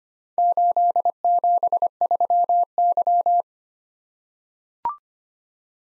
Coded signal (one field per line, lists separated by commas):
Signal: Morse code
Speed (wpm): 25 wpm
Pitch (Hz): 700 Hz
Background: none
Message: 873Y